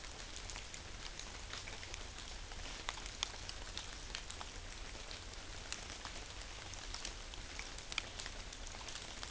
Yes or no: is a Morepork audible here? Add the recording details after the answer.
no. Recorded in New Zealand on 11 September 2013. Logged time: 02:19. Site Ponui